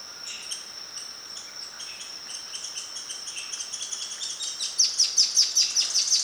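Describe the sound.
Pink-legged Graveteiro calling: a series of high notes over a steady high whine, building and ending in a loud, rapid run of sharp notes in the last second and a half.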